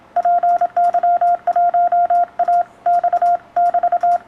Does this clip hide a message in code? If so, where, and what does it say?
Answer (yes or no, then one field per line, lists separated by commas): yes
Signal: Morse code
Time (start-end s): 0.2-4.2 s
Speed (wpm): 26 wpm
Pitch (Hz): 700 Hz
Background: none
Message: PY1AX <BT>